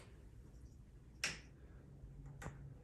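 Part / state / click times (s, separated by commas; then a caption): plastic connector onto shoe rack panel / seated / 1.2 s. A plastic corner connector is pushed onto the edge of a plastic shoe rack panel and snaps home with one sharp click at 1.2 s, meaning the connector has gone in correctly and is seated. A fainter tick follows around 2.4 s over a low, steady background hum.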